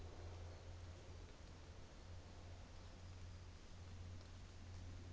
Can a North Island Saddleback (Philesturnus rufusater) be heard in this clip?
no